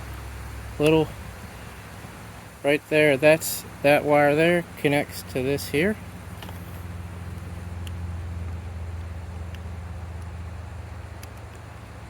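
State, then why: Not seated. A wire's plastic connector is being handled at the trim and tilt relay on a Suzuki outboard motor while someone talks over a steady low hum, with a few faint ticks afterward. The connector has not yet been pushed home onto the relay, and nothing has clicked or seated yet.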